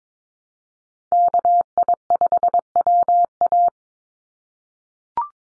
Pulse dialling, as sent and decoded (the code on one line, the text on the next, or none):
none